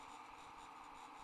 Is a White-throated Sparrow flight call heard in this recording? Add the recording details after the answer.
no. No flight call is heard. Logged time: 03:00 on 30 November 2014